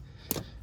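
A new Gates upper radiator hose end on a 2019 Ford F250 is pushed onto its engine coolant fitting until the quick-connect clip clicks in. A sharp click sounds at 0.3 s, followed by a brief rustle and a faint tap near 0.6 s. The hose end is seated.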